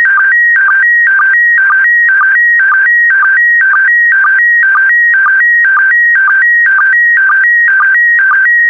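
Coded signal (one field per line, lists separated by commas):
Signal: SSTV (slow-scan television)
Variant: PD120 mode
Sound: rhythmic warbling tones about twice a second, a high steady note alternating with lower chirps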